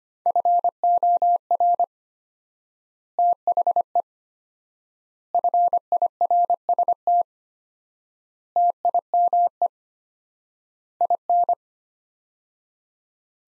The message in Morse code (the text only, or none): FOR THE FIRST TIME IN